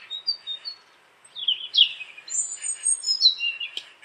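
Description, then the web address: Bird whistles: thin, high whistled notes, then a busier stretch of overlapping high phrases. "cianscape birddata Deverinetal"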